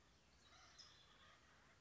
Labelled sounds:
California Towhee

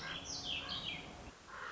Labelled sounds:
Common Raven

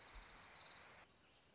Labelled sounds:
Orange-crowned Warbler

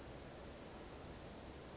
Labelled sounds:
Western Flycatcher

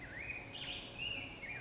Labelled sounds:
Black-headed Grosbeak

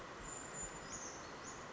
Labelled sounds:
Brown Creeper

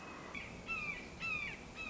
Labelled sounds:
Red-shouldered Hawk

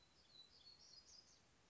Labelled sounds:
Black-throated Gray Warbler

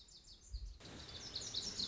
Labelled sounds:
Lazuli Bunting

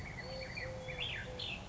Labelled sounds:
Eurasian Collared Dove

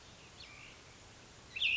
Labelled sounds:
Cassin's Vireo

